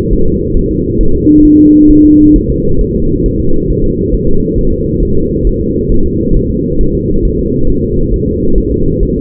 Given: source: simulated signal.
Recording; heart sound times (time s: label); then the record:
fetal heart sounds
0.13 s: S1
0.28 s: S2
0.57 s: S1
0.71 s: S2
1.01 s: S1
1.15 s: S2
1.45 s: S1
1.60 s: S2
1.91 s: S1
2.05 s: S2
2.36 s: S1
2.50 s: S2
2.81 s: S1
2.96 s: S2
3.26 s: S1
3.40 s: S2
3.70 s: S1
3.85 s: S2
4.14 s: S1
4.29 s: S2
4.58 s: S1
4.73 s: S2
5.03 s: S1
5.17 s: S2
5.47 s: S1
5.61 s: S2
5.92 s: S1
6.06 s: S2
6.36 s: S1
6.51 s: S2
6.81 s: S1
6.95 s: S2
7.25 s: S1
7.40 s: S2
7.69 s: S1
7.84 s: S2
8.14 s: S1
8.28 s: S2
8.58 s: S1
8.72 s: S2
9.03 s: S1
9.17 s: S2
From the record:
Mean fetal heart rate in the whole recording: 135 bpm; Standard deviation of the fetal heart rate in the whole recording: 3 bpm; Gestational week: 36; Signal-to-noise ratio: -17.7 dB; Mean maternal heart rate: 72 bpm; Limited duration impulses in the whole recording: present